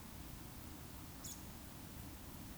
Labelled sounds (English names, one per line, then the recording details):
Eurasian Woodcock whistle
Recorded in Baden-Württemberg, Germany, on 19 June 2020 at 20:09 UTC
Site 44397, 226 m above sea level